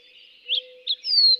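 Fox Sparrow song fragment: two short slurred notes followed by a long, clear whistle gliding gently downward, over a faint steady low hum.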